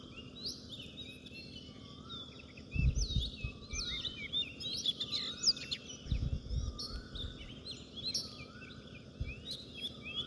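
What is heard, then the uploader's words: Many birds chirp and trill throughout in overlapping high calls, over a steady low rumble with bursts of thumping near three and six seconds. Six o'clock in the morning. Just the birds.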